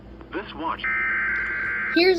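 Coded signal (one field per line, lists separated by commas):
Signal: Emergency Alert System (SAME) tones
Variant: header bursts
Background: speech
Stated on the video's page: NOAA Weather Radio alerts, including a flood advisory and severe thunderstorm alerts.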